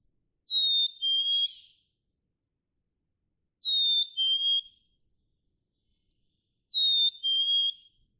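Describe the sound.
Black-capped chickadee whistled song, a clear higher note sliding to a slightly lower one, given three times about every three seconds in otherwise quiet surroundings.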